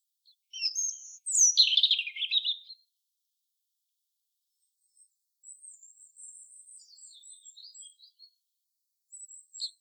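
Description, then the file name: European robin song: a loud, tumbling warbled phrase of high, thin notes sliding downward, then a quieter run of very high, twittering notes after a pause. "Erithacus rubecula"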